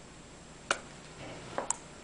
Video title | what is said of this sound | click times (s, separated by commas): technotrans Waterproof Coil Upgrade Demonstration | you'll hear a snap again | 0.7 s, 1.7 s